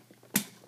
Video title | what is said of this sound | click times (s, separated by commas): Sea Lion Blue Ranger Cycle [Power Rangers Megaforce] | like so it kind of clicks into place | 0.4 s